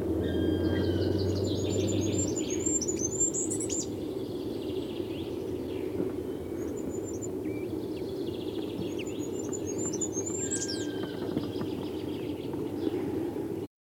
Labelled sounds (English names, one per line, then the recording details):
Goldcrest
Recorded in the wild
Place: Groß Nemerow, Mecklenburg-Vorpommern, DE
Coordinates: 53.448, 13.219
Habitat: Forest
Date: 1982-03-24
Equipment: Nagra III BH, Sennheiser MD 21, parabola
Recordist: Schubert, Michael